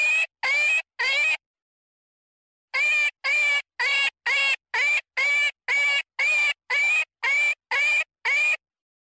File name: Jackrabbit